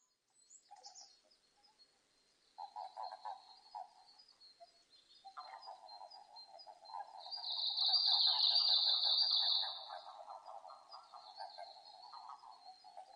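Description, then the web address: Japanese common toad giving pulsed trilling croaks in long runs, while a loud high thin whine swells midway and then fades. Eastern form of the Japanese common toad (azumahikigaeru), recorded on 5 June 2005. "2005 050605 azumahikigaeru"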